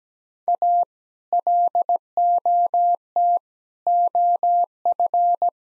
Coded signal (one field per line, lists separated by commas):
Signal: Morse code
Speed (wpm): 17 wpm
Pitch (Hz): 700 Hz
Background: none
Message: A LOT OF